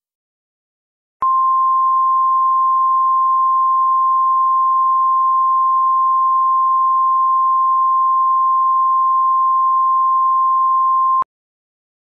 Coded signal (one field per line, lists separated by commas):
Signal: Emergency Alert System (SAME) tones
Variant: 1050 Hz attention tone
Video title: EAS Severe Thunderstorm Warning (KY, Wayne, WV, and Lawrence, OH Counties)